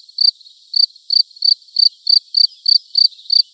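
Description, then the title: Field cricket chirping steadily, bright shrill pulses repeated about three times a second in a slightly uneven rhythm. Recorded in Buoux, Vaucluse, France, in May 2010. "Sylvain Jaskowiak - Animus. Grillon champêtre - Buoux, Vaucluse - mai 2010"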